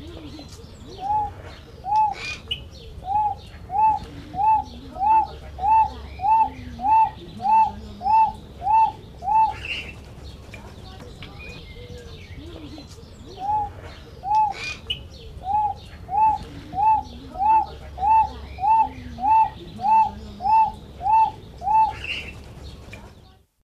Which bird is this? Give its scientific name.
Leucosarcia melanoleuca